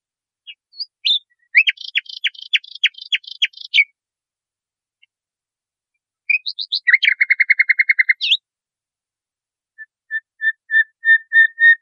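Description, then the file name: Nightingale song with a rattling trill, a pause, sharp notes running into a fast trill, then a series of pure whistles steadily swelling in loudness. Masteran recording, made for training caged songbirds. "suara masteran nightingale"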